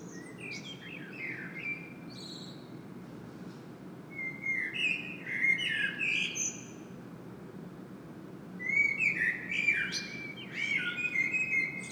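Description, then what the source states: Common blackbird singing three mellow warbling phrases mixed with high, thin squeaky notes, with silences between and faint low rumble. Common blackbird singing in Saint-Gilles, Belgium; Sony PCM-M10 internal microphone.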